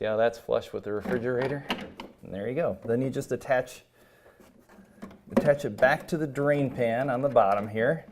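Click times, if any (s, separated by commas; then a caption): none. Someone talks while handling a refrigerator P-trap drain fitting that goes back onto the drain pan at the bottom, with a quiet pause and a faint handling knock around 5.1 seconds. The clip ends before the fitting snaps onto the drain pan, so nothing has seated or clicked yet.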